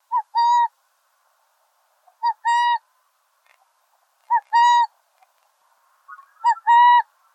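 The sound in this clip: Burrowing owl giving a two-part hoot, a short note followed by a longer cooing note, repeated four times about every two seconds in otherwise quiet surroundings.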